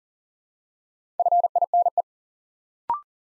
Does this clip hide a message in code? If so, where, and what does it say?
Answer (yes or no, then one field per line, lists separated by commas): yes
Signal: Morse code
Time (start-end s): 1.2-2.0 s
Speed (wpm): 38 wpm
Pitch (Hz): 700 Hz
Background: none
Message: FINE